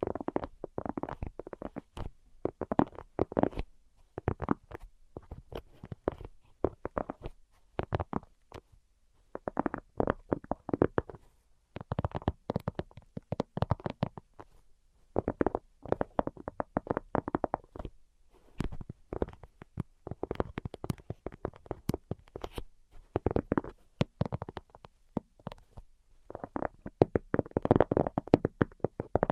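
Tapping sounds from a no-talking tingle session, coming in quick, dense bursts of clicks and knocks separated by short pauses throughout. The taps are fairly bright with a soft low thud under them, and the rhythm shifts irregularly from cluster to cluster. No voice is heard.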